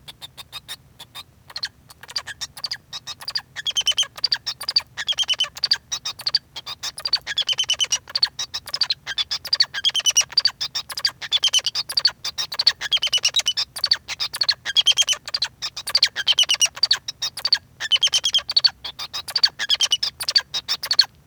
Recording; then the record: song of a male Bengalese finch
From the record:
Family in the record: son of father 2